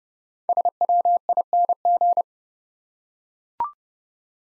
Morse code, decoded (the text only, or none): SWING